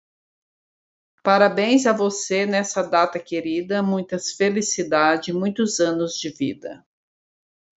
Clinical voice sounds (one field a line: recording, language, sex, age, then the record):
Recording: short text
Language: Brazilian Portuguese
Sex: female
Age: 50 to 59 years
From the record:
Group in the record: control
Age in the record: 54 years